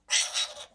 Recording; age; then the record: pig call; piglet (1 to 25 days)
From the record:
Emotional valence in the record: negative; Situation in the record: restrain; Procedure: back test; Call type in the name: high-frequency call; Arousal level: medium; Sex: female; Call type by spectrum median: high-frequency call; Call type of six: high-frequency stable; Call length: 0.76 s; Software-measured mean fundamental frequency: 205 Hz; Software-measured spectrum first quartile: 3158 Hz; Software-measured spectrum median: 4609 Hz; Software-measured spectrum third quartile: 6463 Hz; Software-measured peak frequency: 3830 Hz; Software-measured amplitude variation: 210 dB a second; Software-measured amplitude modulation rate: 10.6 a second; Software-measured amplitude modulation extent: 19.8 dB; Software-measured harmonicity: -0.1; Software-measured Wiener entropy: -1.52